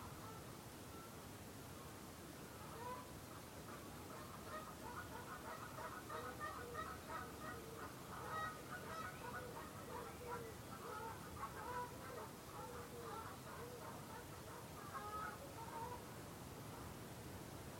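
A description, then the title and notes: Canada geese murmur softly over a steady rushing hiss, their low crooning calls bunching and overlapping throughout, busiest between six and twelve seconds. The soft crooning of nesting geese on the Dyfi Estuary. We're sitting on a wooded promontory above the Dyfi Estuary in the RSPB's magical Ynys Hir reserve. It's early April, there's a chill in the air but the wind has dropped allowing the gentle murmuring of Canada geese to rise over the salt marshes.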